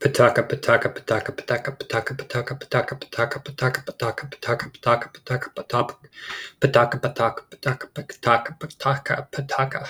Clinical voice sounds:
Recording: repeated syllables /pa ta ka/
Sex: male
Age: 20 to 29 years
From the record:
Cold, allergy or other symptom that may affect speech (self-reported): no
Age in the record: 23 years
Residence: Texas, United States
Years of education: 16

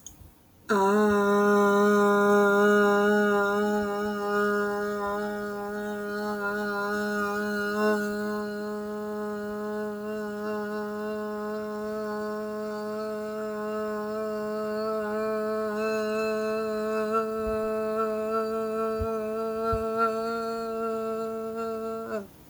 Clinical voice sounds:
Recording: vowel held as long as possible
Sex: female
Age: 20 to 29 years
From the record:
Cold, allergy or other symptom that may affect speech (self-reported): no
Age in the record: 28 years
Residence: Louisiana, United States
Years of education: 16

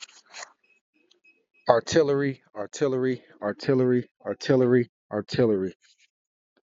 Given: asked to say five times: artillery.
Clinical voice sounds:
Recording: repeated word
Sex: male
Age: 30 to 39 years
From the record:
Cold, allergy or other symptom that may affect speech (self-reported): no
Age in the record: 37 years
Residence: Missouri, United States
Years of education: 16

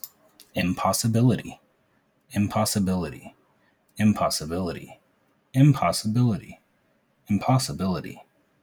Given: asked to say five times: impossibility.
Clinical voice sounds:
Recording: repeated word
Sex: male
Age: 30 to 39 years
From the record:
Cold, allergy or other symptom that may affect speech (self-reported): no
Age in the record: 33 years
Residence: North Carolina, United States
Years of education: 15

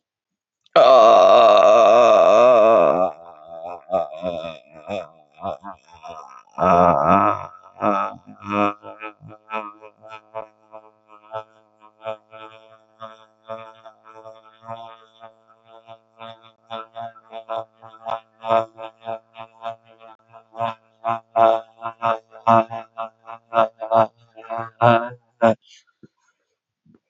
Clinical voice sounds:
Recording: vowel held as long as possible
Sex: male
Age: 30 to 39 years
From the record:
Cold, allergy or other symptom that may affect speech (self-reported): no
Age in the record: 34 years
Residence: New Jersey, United States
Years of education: 12

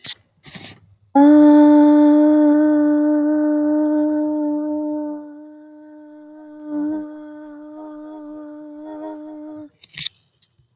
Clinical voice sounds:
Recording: vowel held as long as possible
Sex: female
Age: 20 to 29 years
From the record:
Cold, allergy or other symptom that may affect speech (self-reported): no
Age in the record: 27 years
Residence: North Carolina, United States

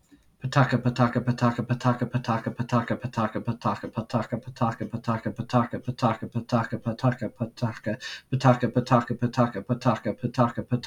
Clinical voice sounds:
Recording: repeated syllables /pa ta ka/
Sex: male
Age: 30 to 39 years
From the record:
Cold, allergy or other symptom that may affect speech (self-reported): no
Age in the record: 32 years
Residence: Missouri, United States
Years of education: 16

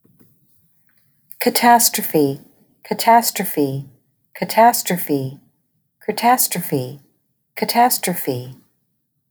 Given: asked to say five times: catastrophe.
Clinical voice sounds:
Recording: repeated word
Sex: female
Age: 40 to 49 years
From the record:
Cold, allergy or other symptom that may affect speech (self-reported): no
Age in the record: 45 years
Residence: Texas, United States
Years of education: 14

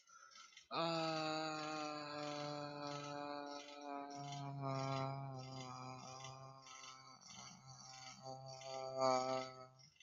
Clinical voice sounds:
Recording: vowel held as long as possible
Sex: male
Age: 20 to 29 years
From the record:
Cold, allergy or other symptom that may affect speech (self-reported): yes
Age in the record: 27 years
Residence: California, United States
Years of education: 17

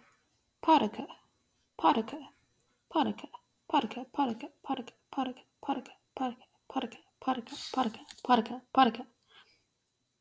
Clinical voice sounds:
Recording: repeated syllables /pa ta ka/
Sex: female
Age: 20 to 29 years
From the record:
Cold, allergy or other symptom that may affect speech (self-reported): no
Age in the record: 24 years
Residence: Kentucky, United States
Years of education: 15

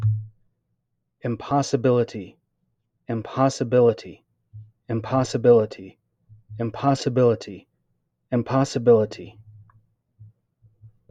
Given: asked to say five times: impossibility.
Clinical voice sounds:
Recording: repeated word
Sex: male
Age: 30 to 39 years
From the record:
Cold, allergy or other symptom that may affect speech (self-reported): no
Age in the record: 38 years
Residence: Georgia, United States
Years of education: 17

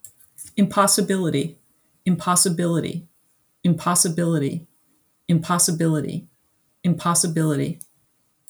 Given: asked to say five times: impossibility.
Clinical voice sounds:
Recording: repeated word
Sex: female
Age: 50 to 59 years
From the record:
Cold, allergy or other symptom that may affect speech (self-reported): no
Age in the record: 56 years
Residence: Pennsylvania, United States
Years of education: 16

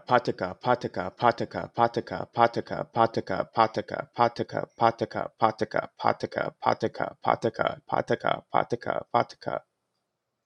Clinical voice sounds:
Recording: repeated syllables /pa ta ka/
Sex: male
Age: 20 to 29 years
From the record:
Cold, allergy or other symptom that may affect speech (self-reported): no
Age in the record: 24 years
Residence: Maryland, United States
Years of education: 17

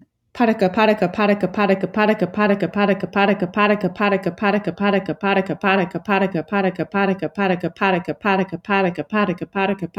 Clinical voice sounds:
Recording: repeated syllables /pa ta ka/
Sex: female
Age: 20 to 29 years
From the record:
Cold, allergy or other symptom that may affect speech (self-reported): no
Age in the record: 28 years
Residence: New York, United States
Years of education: 19

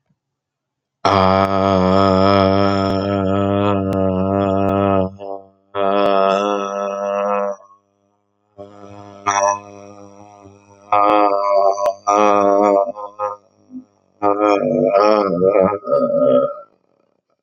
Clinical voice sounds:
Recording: vowel held as long as possible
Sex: male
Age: 20 to 29 years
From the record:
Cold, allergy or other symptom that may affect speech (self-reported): no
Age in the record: 21 years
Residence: Kansas, United States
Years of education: 14

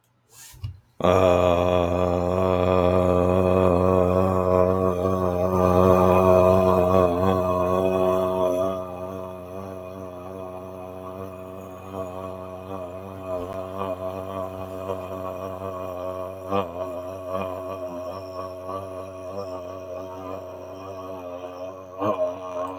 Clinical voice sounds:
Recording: vowel held as long as possible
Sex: male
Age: 40 to 49 years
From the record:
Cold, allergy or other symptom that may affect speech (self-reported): no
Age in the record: 46 years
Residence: New York, United States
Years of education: 12

